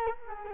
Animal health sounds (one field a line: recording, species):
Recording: mosquito wingbeat signal from an infrared sensor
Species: Culex quinquefasciatus